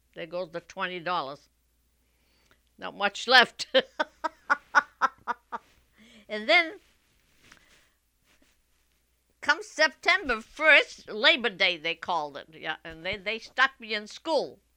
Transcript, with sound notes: There goes the twenty dollars. Not much left. ( she laughs ) And then come September 1st, Labor Day, they called it, they stuck me in school,